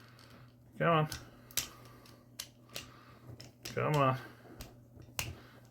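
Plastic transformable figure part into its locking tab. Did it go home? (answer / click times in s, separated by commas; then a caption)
yes / 5.2 s. Someone talks while struggling to push a stiff part of a plastic Transformers SS84 Ironhide (WFC Gamer Edition) transforming robot figure into its locking tab, with small plastic ticks and creaks along the way. A sharp, loud snap at 5.2 s marks the part seating in place.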